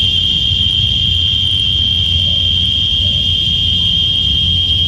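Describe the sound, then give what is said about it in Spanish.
Cicadas buzz in one continuous, piercing high-pitched drone that holds steady and loud for the whole stretch, over a low rumbling background with no voices. “Ya llegaron sus chicharras con todo y pupusas.”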